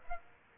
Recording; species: mosquito wingbeat signal from an infrared sensor; Aedes aegypti